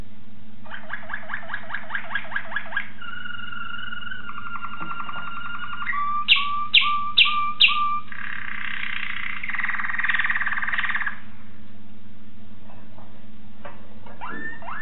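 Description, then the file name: Waterslager canary song: rapid rolling trills, then steady whistled tones, a few sharp descending notes, and a long bubbling, gurgling tour, over a constant low hum. Song variations of a Waterslager canary. "variasi suara kenari waterslager"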